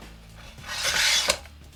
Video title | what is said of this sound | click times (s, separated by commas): Setting up the Konova motorized slider with Pan/Tilt head | and then that locks in place like that | 1.3 s